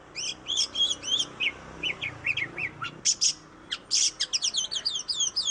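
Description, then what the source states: Oriental magpie-robin in full song, repeating bright whistled phrases, then harsh notes and a fast series of repeated notes. Master song used for training birds.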